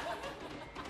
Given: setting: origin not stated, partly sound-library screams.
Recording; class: one-second piece from a danger detection set; woman in danger